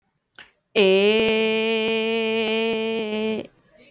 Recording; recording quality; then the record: sustained vowel as in made; excellent, no background noise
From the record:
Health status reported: healthy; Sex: female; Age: 20 years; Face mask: not worn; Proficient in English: yes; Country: India